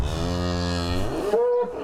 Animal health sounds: contact call of a hoofed animal; cattle; low-frequency (closed-mouth) or high-frequency (open-mouth) call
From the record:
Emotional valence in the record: negative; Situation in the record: full separation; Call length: 1.84 s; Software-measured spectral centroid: 2140 Hz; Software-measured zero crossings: 1430 a second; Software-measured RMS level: -24 dBFS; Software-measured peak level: -11 dBFS

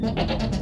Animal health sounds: contact call of a hoofed animal; goat; low-frequency (closed-mouth) or high-frequency (open-mouth) call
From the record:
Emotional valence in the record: negative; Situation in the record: food frustration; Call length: 0.62 s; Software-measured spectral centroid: 1840 Hz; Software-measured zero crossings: 1140 a second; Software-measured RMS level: -24 dBFS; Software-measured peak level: -11 dBFS

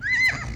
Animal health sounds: contact call of a hoofed animal; Przewalski's horse; whinny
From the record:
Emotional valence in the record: positive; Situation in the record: food anticipation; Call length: 0.55 s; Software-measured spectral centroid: 2780 Hz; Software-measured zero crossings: 3150 a second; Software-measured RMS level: -23 dBFS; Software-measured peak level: -14 dBFS

